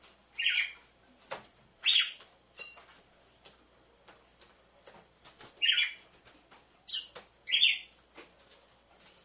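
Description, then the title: Red-cowled cardinal giving short, rasping chirps, singly and in quick pairs, with scattered sharp clicks between them. Female song, used to warm up males. "Canto Galo Campina Fêmea 01. ESQUENTE GALO DE CAMPINA COM BATIDA DE DOIS MACHOS"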